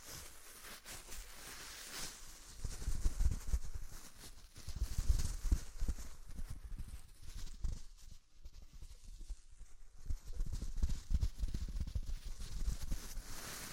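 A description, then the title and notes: Deep ear cleaning sounds: low, muffled rubbing and thumping that come in bursts, strongest from about two to six seconds and again after ten seconds. Between bursts there are quieter scratchy rustles, with a brief near-silent lull around eight to ten seconds. ASMR INTENSE Deep Ear Cleaning (No Talking).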